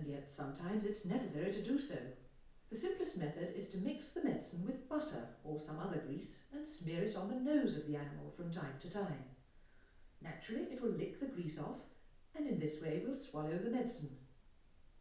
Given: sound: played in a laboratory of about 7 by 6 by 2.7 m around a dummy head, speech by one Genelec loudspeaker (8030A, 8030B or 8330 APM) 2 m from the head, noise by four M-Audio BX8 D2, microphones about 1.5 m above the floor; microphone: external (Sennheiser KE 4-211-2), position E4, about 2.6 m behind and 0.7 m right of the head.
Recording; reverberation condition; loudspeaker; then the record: female speech in English; medium; 30 degrees to the right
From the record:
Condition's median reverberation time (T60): about 510 ms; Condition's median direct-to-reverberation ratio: about -0.5 dB